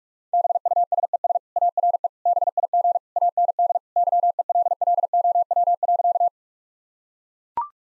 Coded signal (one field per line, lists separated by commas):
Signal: Morse code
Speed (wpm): 41 wpm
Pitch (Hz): 700 Hz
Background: none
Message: BUSES ARE BIG AND YELLOW.